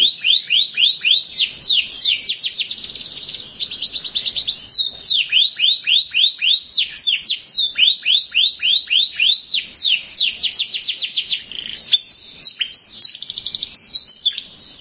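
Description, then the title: Canary song: many rapid rising sweeps and dense trills, with a few brief pauses. "Kenari"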